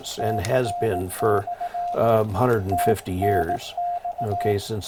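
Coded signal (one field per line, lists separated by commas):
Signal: Morse code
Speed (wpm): 17 wpm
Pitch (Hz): 700 Hz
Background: speech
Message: TN/ TNX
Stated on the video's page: Morse from a complete CW QSO made on the air with a QRP Labs QCX QRP transceiver.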